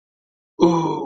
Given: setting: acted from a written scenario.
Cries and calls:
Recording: vocal sound without words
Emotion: guilt

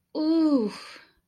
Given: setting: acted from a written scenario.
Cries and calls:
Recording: vocal sound without words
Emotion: ecstasy

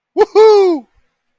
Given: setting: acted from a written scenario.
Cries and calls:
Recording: vocal sound without words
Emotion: elation

